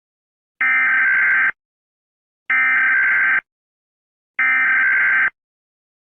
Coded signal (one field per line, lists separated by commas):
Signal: Emergency Alert System (SAME) tones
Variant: header bursts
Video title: M.E.G EAS Alert #easscenario #backrooms #foundfootage